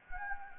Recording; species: mosquito wingbeat signal from an infrared sensor; Anopheles gambiae